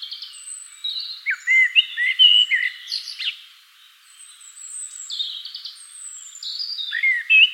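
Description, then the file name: Common blackbird song: mellow whistled notes run into high scratchy twittering. "Turdus merula"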